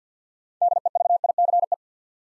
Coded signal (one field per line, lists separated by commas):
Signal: Morse code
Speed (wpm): 48 wpm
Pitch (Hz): 700 Hz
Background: none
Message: DEVICE